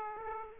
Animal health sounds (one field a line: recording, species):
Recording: mosquito wingbeat signal from an infrared sensor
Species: Aedes aegypti